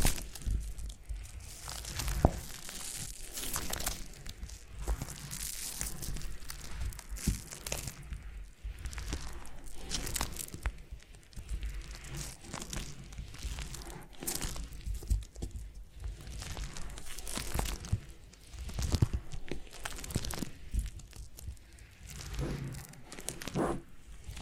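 Foam being massaged and squeezed makes a continuous crinkling, crackling rustle with soft crunches running through the whole stretch. The texture is dense and irregular, with frequent sharper crackles and brief louder squeezes scattered throughout, especially near 2, 7, 15 and 19 seconds.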